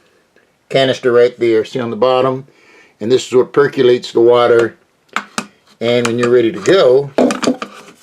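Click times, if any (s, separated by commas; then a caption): none. Someone talks while handling the plastic water reservoir of a Nespresso Vertuo Plus by Breville coffee machine, bringing it to the back of the machine, with brief sharp knocks around 5.2 s, 5.4 s and 7.4 s. The tank has not yet been pressed down and snapped into place; nothing has seated or clicked yet.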